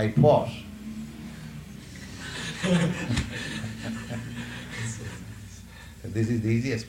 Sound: laughter

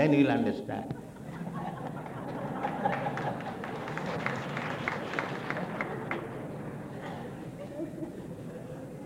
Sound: applause and laughter

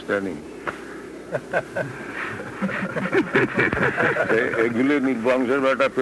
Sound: laughter

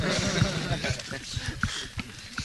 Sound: laughter

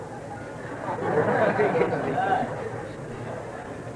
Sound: hindi conversation with initiate; background laughter

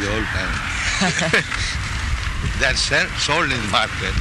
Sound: laughter

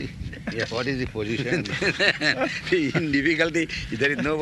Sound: laughter

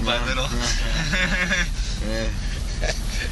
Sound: laughter

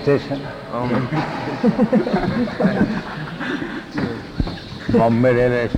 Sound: laughter

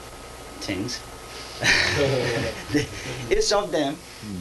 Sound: laughter

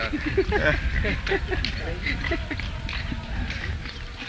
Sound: laughter

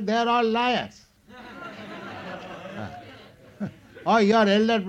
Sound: laughter

